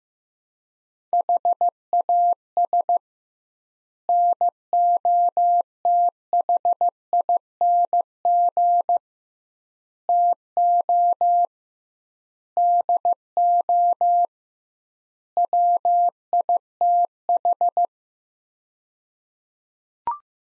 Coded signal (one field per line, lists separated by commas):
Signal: Morse code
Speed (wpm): 15 wpm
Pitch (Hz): 700 Hz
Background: none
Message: HAS NOTHING TO DO WITH